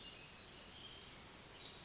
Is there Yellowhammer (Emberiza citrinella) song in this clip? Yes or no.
no